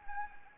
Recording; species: mosquito wingbeat signal from an infrared sensor; Anopheles gambiae